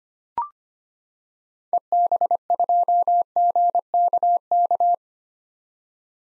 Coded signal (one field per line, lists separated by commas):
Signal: Morse code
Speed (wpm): 25 wpm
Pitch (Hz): 700 Hz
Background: none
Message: EB2GKK